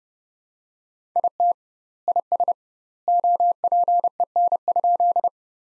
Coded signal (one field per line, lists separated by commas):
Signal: Morse code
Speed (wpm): 32 wpm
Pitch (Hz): 700 Hz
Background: none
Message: IT IS OPEN?